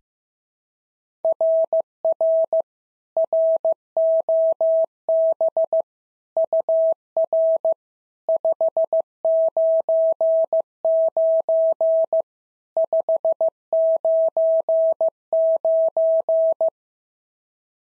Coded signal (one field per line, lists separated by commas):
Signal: Morse code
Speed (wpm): 15 wpm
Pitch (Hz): 650 Hz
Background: none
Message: RR ROB UR 599 599